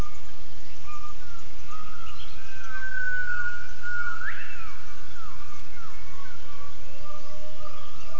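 Gibbon call, a long whistled note that swoops sharply upward at its end, with shorter whistled notes around it over steady background hiss.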